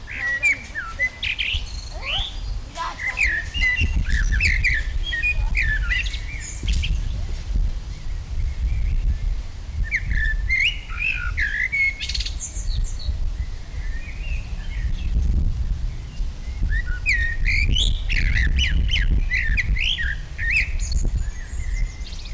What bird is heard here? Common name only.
Common Blackbird